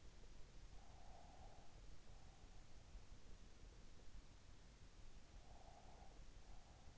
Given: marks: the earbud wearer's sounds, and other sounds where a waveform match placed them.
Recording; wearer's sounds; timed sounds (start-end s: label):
sounds in sleep by an in-ear microphone; breath
0.70-2.93 s: breath
5.18-6.98 s: breath